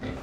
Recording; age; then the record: pig call; growing-finishing pig (85 days or more)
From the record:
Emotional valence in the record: negative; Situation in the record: barren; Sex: male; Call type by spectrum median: low-frequency call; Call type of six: low-frequency stable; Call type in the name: low-frequency stable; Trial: 2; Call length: 0.23 s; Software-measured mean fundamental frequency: 59 Hz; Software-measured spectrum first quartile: 187 Hz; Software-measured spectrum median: 407 Hz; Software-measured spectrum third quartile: 1088 Hz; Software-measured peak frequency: 250 Hz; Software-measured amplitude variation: 108 dB a second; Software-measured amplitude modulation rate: 19.6 a second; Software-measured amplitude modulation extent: 5.5 dB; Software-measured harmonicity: -1.9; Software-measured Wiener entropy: -0.99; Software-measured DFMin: 1091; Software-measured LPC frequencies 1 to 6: 404, 1172, 1987, 3552, 4670, 6273 Hz